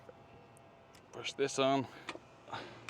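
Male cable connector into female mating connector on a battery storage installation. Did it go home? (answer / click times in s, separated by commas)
no / none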